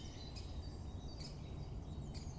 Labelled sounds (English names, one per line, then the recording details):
Great Spotted Woodpecker
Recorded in Germany
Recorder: ecoPi